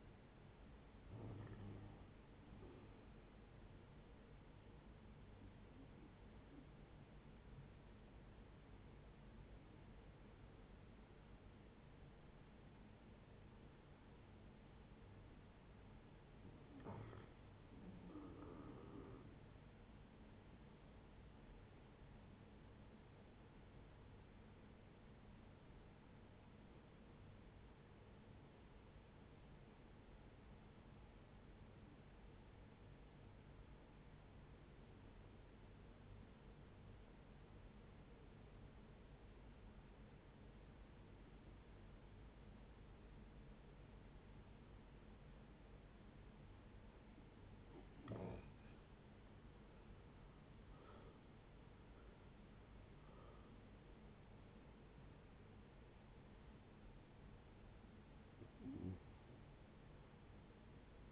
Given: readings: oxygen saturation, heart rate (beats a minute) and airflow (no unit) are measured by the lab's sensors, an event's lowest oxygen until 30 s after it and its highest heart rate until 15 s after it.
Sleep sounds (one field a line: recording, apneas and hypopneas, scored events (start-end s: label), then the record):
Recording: breathing in sleep by a voice recorder at the bedside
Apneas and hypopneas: 2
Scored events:
5.00-16.40 s: hypopnea (N1, oxygen 90% highest, then 87% lowest, heart rate 81 at the start, 81 highest)
13.00-43.00 s: new sleep stage, REM sleep
25.00-47.90 s: hypopnea (REM, oxygen 94% highest, then 75% lowest, heart rate 76 at the start, 87 highest)
43.00-61.12 s: new sleep stage, N1 (lightest sleep)
From the record:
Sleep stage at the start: N1 (lightest sleep)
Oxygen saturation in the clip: 74 to 95%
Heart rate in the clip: 56 to 87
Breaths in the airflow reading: 17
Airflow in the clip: -13.3 to 14.4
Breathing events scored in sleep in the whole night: 496 in 5.4 hours asleep